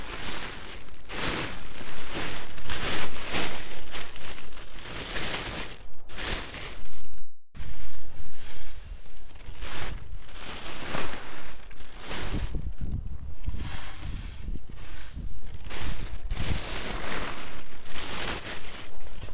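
Dried daikon strips are gathered from a drying rack into a bag, filling the clip with dense, bright rustling and crinkling. The crackle comes in quick, irregular bursts throughout, with a brief full silence just past seven seconds before the handling resumes.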